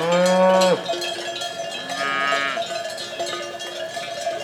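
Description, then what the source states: Cow mooing, a loud low drawn-out moo then a shorter, higher second moo, with clanking cowbells ringing steadily throughout. A group of cows grazing calmly in a field; Codina.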